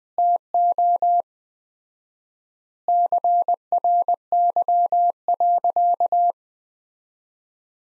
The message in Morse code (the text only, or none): TO CRY.